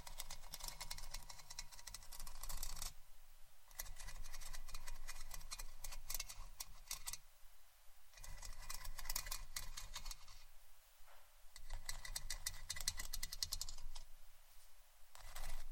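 Scratching and brushing in repeated bursts of dense, bright rasping strokes, each lasting a few seconds, broken by short pauses near 3, 7.5, 10.5 and 14.5 seconds. The strokes are fast and gritty, over a low steady hum underneath.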